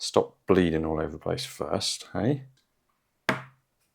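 Someone talks, then a sharp click at 3.3 seconds as the cap is pressed firmly onto a small plastic blood sample vial after filling it. The cap clicks into place and is seated.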